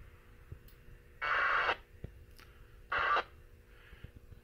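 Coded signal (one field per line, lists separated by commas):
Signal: packet radio (AX.25, as in APRS)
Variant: 1200 baud AFSK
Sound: two short harsh buzzing data bursts, about half a second each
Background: radio static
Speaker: let me let me hit the beacon on mine one more time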